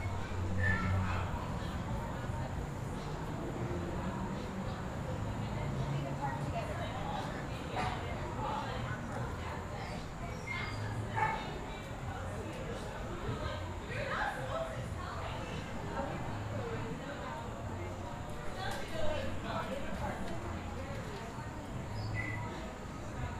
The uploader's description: On the patio of Resident Culture Brewing Company on Central Ave.